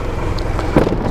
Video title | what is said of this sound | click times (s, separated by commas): B8036 - 2015 Mitsubishi Pajero NX GLS Wagon 7st 5dr Spts Auto 5sp 4x4 3 2DT Walk Around Video | closing out the back here clicks into place very nicely it does lock out a little bit so if you are parked on it on an incline it won't go swinging around | 0.4 s, 0.6 s